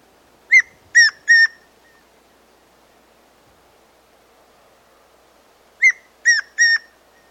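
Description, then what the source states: Tawny antpitta call: a series of three whistled notes, short then two longer level ones, repeated after a pause of about four seconds, with soft background hiss. South America.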